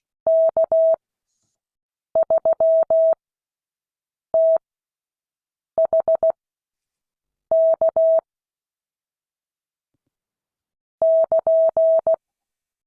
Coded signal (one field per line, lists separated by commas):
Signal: Morse code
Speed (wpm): 16 wpm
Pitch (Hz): 650 Hz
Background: none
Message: K3THK <KN>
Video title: Morse code class 2022 11 18